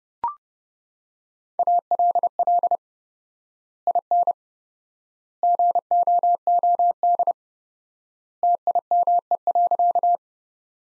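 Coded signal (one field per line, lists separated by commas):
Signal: Morse code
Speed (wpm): 30 wpm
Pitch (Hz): 700 Hz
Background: none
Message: ALL IN GOOD TIME.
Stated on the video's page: Morse practice of sentences from the top 200 words at 30 WPM with 4x standard word spacing, a Farnsworth-like method.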